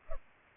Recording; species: mosquito wingbeat signal from an infrared sensor; Culex pipiens